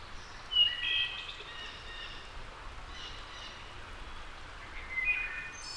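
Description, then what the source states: Wood thrush giving two short fluty song phrases, one at the start and one near the end, with a soft hissing background. Labelled as a return.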